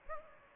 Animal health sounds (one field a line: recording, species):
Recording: mosquito wingbeat signal from an infrared sensor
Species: Aedes aegypti